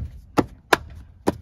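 A plastic interior trim panel is lined up and pressed home into the car body while routing a dashcam wire. Three short sharp snaps sound at about 0.4, 0.7 and 1.3 seconds, and the loudest, at 0.7 seconds, is the panel clip seating. The clip has been aligned before pressing, so it snaps in without breaking.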